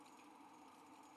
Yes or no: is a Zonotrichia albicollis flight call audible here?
no